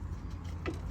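The small pass-through panel in the entry screen door of a 2016 Forrester 3051S RV is slid toward closed, with a steady low hum and two brief knocks of handling at 0.7 and 0.9 seconds. Nothing has seated or clicked into place yet.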